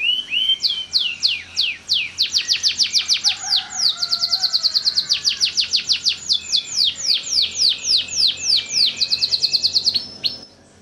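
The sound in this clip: Bird singing a long, steady stream of quick downslurred whistles, about three per second, bright and high, ending abruptly before a brief quiet.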